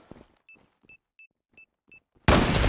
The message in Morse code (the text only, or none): none